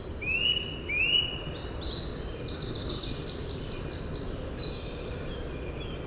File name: Sitta europaea